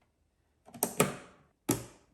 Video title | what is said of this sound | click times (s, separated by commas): Brand NEW PC! RTX 3070 | push out those two little fins on the sides, and you push in until you hear that click. | 0.8 s, 1.0 s